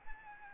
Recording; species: mosquito wingbeat signal from an infrared sensor; Aedes albopictus